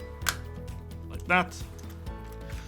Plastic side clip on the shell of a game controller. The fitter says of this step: give it a little wiggle and you'll hear it pop open like that